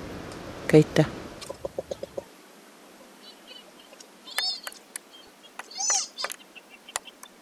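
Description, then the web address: Magellanic woodpecker calls: low thumps and a quick run of ticking notes early, then nasal harmonic squeaks rising and falling around the fifth and sixth seconds. "Birds Magellanic-Woodpecker"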